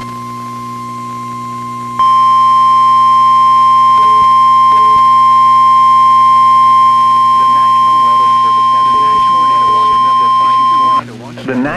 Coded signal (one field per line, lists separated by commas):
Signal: Emergency Alert System (SAME) tones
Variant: 1050 Hz attention tone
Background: speech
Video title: Illinois Once Again... | EAS Alerts from 10/11/2021 (EAS #775-791)